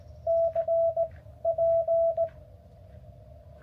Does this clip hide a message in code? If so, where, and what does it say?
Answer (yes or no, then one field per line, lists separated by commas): yes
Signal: Morse code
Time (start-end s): 0.3-2.3 s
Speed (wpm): 15 wpm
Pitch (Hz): 660 Hz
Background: radio noise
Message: C P